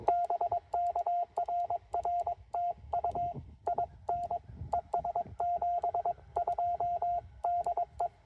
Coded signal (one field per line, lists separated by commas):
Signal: Morse code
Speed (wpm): 22 wpm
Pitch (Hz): 690 Hz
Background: radio noise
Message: BK RR TU IN ES 72 DE